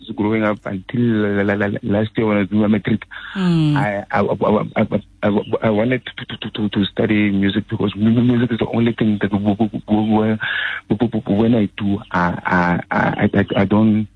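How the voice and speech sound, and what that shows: An adult man speaks over a narrow-band phone line on a radio show, with stuttering: repeated sounds and syllables, drawn-out repeated vowels and broken pauses within phrases, in a low male voice. His stutter is helped by music, and he does not stutter when making music.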